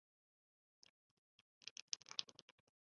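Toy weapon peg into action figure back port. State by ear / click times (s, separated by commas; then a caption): seated / 1.9 s. A plastic toy weapon's peg is pushed further into the port on an action figure's back, producing a series of small plastic scrapes and ticks. It clicks fully into place at 1.9 seconds, seating the weapon so it is stored on the figure's back.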